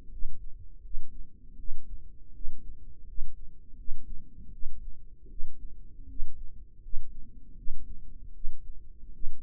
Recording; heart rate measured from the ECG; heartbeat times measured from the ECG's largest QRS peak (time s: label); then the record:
heart sounds by microphone in the right ear; 80 bpm
0.10 s: heartbeat
0.82 s: heartbeat
1.57 s: heartbeat
2.33 s: heartbeat
3.06 s: heartbeat
3.76 s: heartbeat
4.52 s: heartbeat
5.29 s: heartbeat
6.07 s: heartbeat
6.81 s: heartbeat
7.56 s: heartbeat
8.33 s: heartbeat
9.12 s: heartbeat
From the record:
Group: healthy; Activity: rest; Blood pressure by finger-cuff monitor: 98/65 mmHg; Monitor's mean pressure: 74 mmHg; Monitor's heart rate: 80 bpm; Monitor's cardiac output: 6.2 L/min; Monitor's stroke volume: 77 mL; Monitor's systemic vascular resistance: 860 dyn s/cm5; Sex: female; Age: 22 years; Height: 163 cm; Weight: 67.1 kg